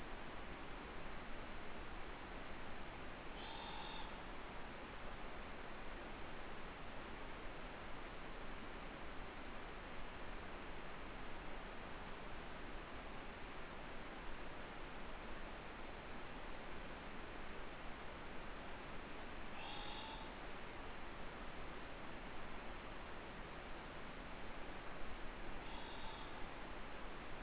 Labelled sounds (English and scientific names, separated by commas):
Morepork (Ninox novaeseelandiae) trill